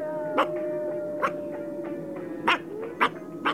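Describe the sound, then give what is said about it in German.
A dog gives five short, sharp barks at uneven intervals over a steady low hum, with no one speaking. “Was bellt er?”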